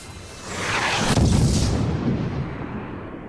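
A massive meteorite impact explosion on Earth, set 65 million years ago: a sharp blast hits about a second in, then a deep, sustained rumbling roar with crackling debris that slowly fades. No voices are present.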